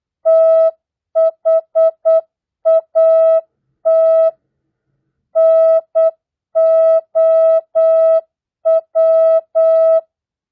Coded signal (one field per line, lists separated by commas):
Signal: Morse code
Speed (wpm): 8 wpm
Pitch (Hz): 650 Hz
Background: music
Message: THAT NOW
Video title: Morse code, CW, practice at 8 wpm non Farnsworth mixed words, numbers, and punctuation.